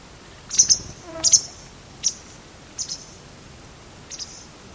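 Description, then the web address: Bird calling in short, very high chirps, mostly paired, repeated irregularly about once a second and fading toward the end, over soft background noise. "Deverinetal 2025 File origin Bird Only"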